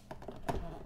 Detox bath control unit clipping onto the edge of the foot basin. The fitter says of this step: just kind of snaps right in and then